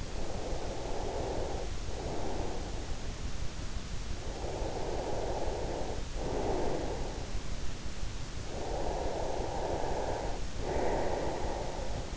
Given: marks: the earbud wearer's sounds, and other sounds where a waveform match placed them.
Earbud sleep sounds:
sounds in sleep by an in-ear microphone; breath
0.00-2.88 s: breath
4.34-7.09 s: breath
8.45-12.17 s: breath

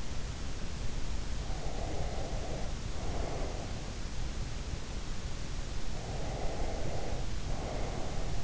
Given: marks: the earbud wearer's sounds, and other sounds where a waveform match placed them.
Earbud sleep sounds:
sounds in sleep by an in-ear microphone; breath
1.70-3.80 s: breath
6.21-8.44 s: breath

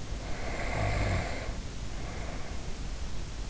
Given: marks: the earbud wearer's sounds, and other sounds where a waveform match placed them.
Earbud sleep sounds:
sounds in sleep by an in-ear microphone; snoring breath
0.13-3.01 s: snoring breath

